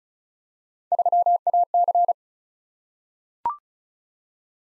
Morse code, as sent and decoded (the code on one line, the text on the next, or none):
...-- .- -.-.
3AC